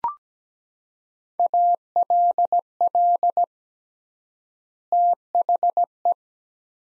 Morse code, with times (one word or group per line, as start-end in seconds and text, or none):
1.4-3.4 ALL
4.9-6.1 THE